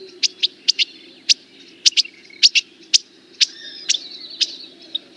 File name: Canto do passaro principe